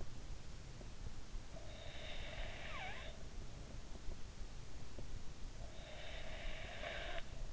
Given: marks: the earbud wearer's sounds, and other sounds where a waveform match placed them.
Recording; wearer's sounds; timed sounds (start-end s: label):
sounds in sleep by an in-ear microphone; breath
1.28-3.79 s: breath
5.31-7.53 s: breath